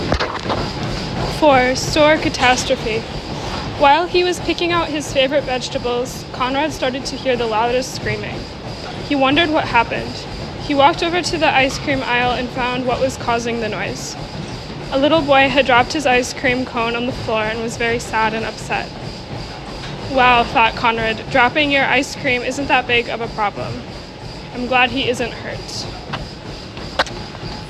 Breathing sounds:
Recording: reading aloud after running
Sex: female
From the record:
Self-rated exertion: light exertion (2 of 6)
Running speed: 6 miles an hour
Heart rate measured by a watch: 141 beats a minute at the start, 135 at the end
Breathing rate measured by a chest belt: 23 breaths a minute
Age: 20 years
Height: 160 cm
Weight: 56 kg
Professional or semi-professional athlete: no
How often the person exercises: 3 to 5 times a week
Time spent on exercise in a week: 3 to 4 hours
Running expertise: yes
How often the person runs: 1 to 2 times a week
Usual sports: running, swimming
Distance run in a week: 15 km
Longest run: 20 km

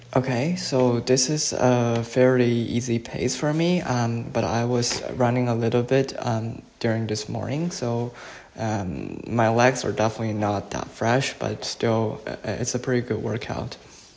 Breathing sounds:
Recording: free speech after running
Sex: male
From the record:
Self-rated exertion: very light exertion (1 of 6)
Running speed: 7 miles an hour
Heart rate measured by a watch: 85 beats a minute at the start, 88 at the end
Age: 24 years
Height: 175 cm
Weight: 56 kg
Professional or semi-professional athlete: no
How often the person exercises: over 5 times a week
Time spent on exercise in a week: over 5 hours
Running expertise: yes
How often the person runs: over 5 times a week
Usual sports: running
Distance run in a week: 60 km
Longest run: 43 km

